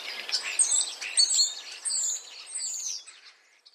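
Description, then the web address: Common starling song: a brief jumble of high whistles, squeaks and chirps that fades out near the end. Common starling song containing borrowings from sparrows. "wroblowe zapozyczenia szpaki"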